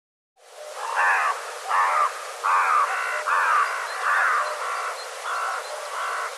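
Bird calls: harsh, buzzy notes with stacked harmonics, repeated in a series of short bursts, against a steady hiss.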